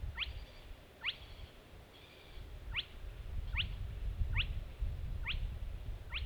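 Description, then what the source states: Spotted crake repeating a sharp rising whistle, seven in a row, with a faint softer sound in one gap and a low rumble. Recorded on 10 June 2015.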